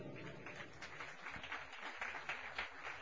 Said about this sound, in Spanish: ¿Cuánto le damos un aplauso al que vive para siempre?